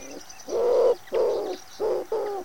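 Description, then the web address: Common wood pigeon giving a run of four low, husky coos in quick sequence, with a softer note at the start and faint higher twitters in the background. "cianscape. Deverinetal"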